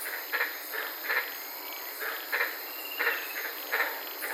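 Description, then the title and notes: White-lipped tree frogs give short, rasping barks at uneven intervals, with a continuous high insect buzz behind. Frogs calling at night in the Daintree rainforest, Queensland, heard from a car. "I was sitting in my car in the Daintree rainforest in Queensland this night and fell asleep listening to these amazing White lipped frogs."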